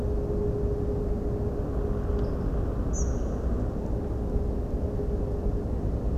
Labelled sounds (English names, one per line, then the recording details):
Spotted Flycatcher
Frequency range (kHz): Spotted Flycatcher 5.0-8.3 kHz
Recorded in France